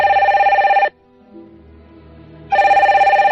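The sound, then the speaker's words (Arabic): A man's telephone rings in two loud, buzzy bursts with strong harmonic bands, separated by a quieter pause of over a second that holds only a faint low hum. “بعد أقل من ربع ساعة رن هاتف الرجل.”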